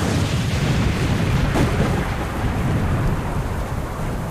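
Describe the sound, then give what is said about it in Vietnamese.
A loud, rumbling blast of mountain-quarrying explosives, detonated above a cave and collapsing its entrance, rolls like thunder, a deep sustained roar with a sharper crack partway through, then a long reverberating rumble that doesn't fade. No voices. “Chưa mắng hết câu, lại nghe một tiếng nổ rền vang như sấm.”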